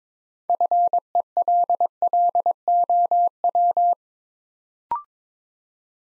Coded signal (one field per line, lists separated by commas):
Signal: Morse code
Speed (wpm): 22 wpm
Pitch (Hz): 700 Hz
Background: none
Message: FELLOW